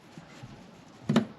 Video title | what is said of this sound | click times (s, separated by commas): Toyota Camry V6 3.5L 2GR-FE how to check fluids and other things under the hood 2006 to 2017 | and you just need to just press it back down until you hear a click | 1.2 s